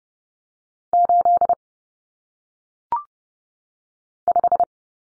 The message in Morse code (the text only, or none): 8 5